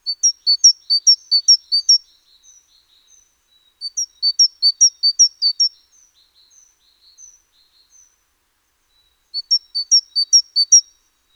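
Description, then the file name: Great tit singing three bouts of fast, high, see-sawing two-note phrases, with faint soft notes trailing between the bouts in an otherwise quiet setting. "Parus major"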